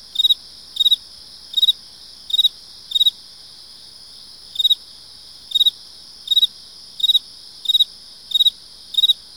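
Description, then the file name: Field cricket chirping, short pulsed chirps repeated about every 0.7 seconds with a brief pause midway, over a steady high trill of other crickets. Single cricket chirping close by, with other crickets audible in the background. "kevin boucher animals insects field cricket"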